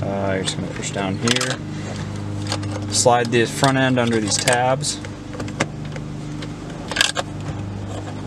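On an Audi B8/8.5, during a short shift clamp install, the front edge of a plastic center-console trim panel around the shifter is slid under its tabs while someone talks and music plays over the light handling noise and brief knocks. Nothing has seated or clicked yet; the clip ends before the rear of the panel is pushed down into the center console.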